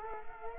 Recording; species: mosquito wingbeat signal from an infrared sensor; Culex quinquefasciatus